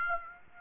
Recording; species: mosquito wingbeat signal from an infrared sensor; Aedes aegypti